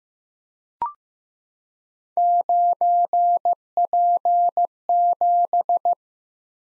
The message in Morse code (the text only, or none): 9P7